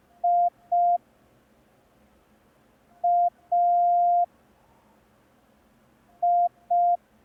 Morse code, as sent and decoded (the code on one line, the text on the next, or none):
.. / .- / ..
I A I